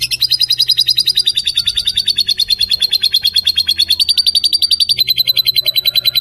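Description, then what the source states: Lovebird producing a steady machine-gun run of high chirps, fast and unbroken, with slight pitch shifts in its second half. Song style named konslet.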